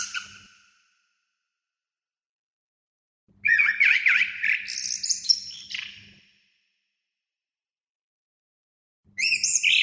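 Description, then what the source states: Orange-headed thrush singing a brief phrase, then after a pause a rich run of quick, warbling whistled notes, ending with another short burst; soft low hum underneath. Masteran (tutor song for training birds); captive orange-headed thrush (anis kembang) named Azuro, owned by Daniel Gacor Bird Shop, Graha Raya, Tangerang.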